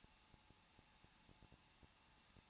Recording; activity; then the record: daily activity, microphone in the room; no activity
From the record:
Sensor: 1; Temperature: 20.1 degrees Celsius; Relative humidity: 39.1%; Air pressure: 1006.4 hPa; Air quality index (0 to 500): 216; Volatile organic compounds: 74 ppm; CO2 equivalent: 3552 ppm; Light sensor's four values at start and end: 1/2/1/1 and 1/2/1/1